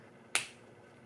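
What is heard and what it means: A gold bullet connector soldered to a wire is yanked back into its plastic XT150 housing until the rib in the plastic clicks into the groove on the brass fitting. A single sharp, snap-like click sounds at 0.4 s over quiet background. The connector pin is seated in the housing.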